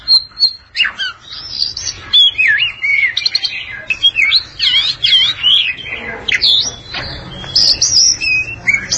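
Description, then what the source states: Oriental magpie-robin pouring out a long, busy song of warbled whistles, descending slurs and short harsh notes, barely pausing throughout. Long-duration song.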